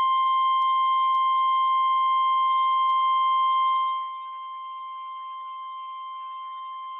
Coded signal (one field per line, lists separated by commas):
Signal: Emergency Alert System (SAME) tones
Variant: 1050 Hz attention tone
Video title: Early Morning Chaos | EAS Alerts From 7/26/2022 (EAS #1,604-1,610)